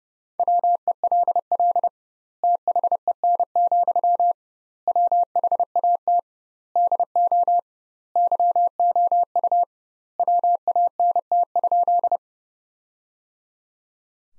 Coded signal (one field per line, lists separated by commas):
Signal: Morse code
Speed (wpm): 30 wpm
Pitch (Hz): 700 Hz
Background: none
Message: WELL THEN, WHAT DO YOU WANT?